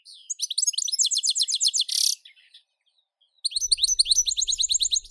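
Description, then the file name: European goldfinch song: a fast, rhythmic string of repeated chirps ending in a buzzy rasp, a brief silence, then another rapid chirping run. "Golosa ptic - CSHegol Carduelis carduelis"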